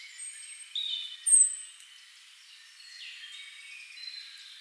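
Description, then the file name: European robin, quiet high song: a few thin sustained whistles and one bright sharp note, then faint trailing warbles. "Erithacus rubecula"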